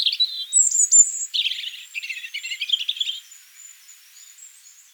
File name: Erithacus rubecula